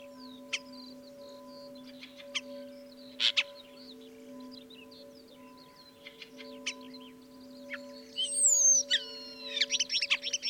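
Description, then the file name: Common starling song, scattered clicks and soft twitters at first, then a sharp whistle and a burst of buzzy chattering near the end, over a steady hum. "life dviete. sturnus vulgaris"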